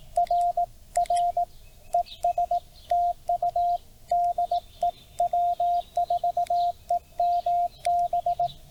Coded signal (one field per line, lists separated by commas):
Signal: Morse code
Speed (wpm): 17 wpm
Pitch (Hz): 690 Hz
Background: none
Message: RR ES TU DE W4EMB